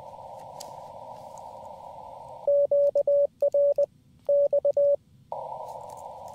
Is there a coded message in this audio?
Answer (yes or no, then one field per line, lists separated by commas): yes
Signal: Morse code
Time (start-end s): 2.5-5.0 s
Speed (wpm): 20 wpm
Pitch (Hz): 570 Hz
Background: radio noise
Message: QRX